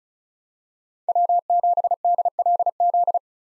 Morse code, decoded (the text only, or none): W7DLZ